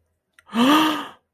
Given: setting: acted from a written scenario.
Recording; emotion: vocal sound without words; adoration